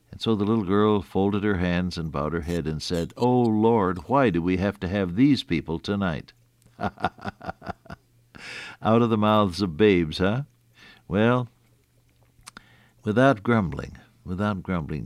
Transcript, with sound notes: And so, the little girl folded her hands and bowed her head and said, “Oh, Lord, why do we have to have these people tonight?” [laughter] Out of the mouths of babes, huh? Well, without grumbling, without grumbling.